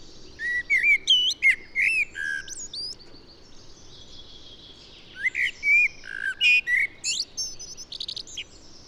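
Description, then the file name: Common blackbird song: two phrases, each a mellow fluted warble followed by high, thin squeaky twittering, separated by a quiet pause. "Turdus merula"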